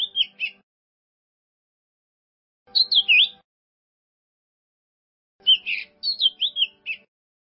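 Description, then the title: Bird song: short bursts of bright, warbled, twisting notes arriving in three separate phrases, the last one longest, with quiet gaps in between. "burung online"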